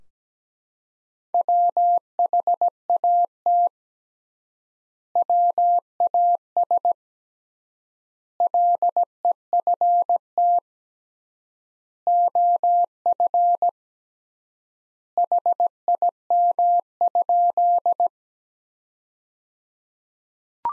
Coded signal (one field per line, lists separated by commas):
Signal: Morse code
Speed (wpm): 17 wpm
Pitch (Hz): 700 Hz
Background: none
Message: WHAT WAS LEFT OF HIM?